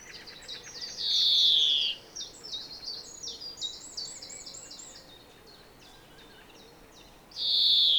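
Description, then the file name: European greenfinch: a loud buzzy wheeze, then rapid rolling twitters and trills, and a second drawn-out wheeze at the end. "Chloris chloris"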